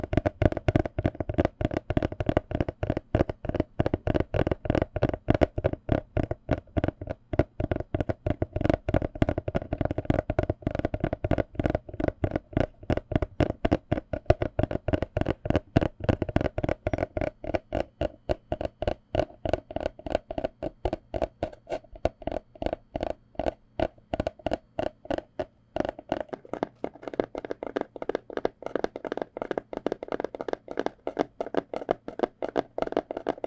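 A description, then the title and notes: Fingers tap rapidly on cardboard cups, the hollow knocks coming in a dense, steady stream with a full, thudding body. Around the 26-second mark the tapping turns lighter and drier, losing some of its low thump. 紙杯. 紙盒.紙容器觸發. Tapping Cardboard Cups. NO Talking.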